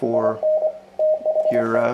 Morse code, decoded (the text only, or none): IN THE